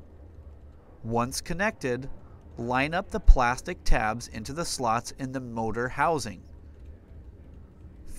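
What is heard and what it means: On a 2011-or-later Volvo S60, the plastic tabs on the back of the side mirror glass are lined up with the slots in the mirror motor housing before the glass is pressed home. Someone talks throughout over a low, steady background. Nothing has seated or clicked yet.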